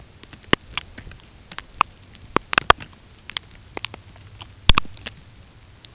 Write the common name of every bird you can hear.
none